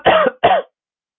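Two short coughs from an adult.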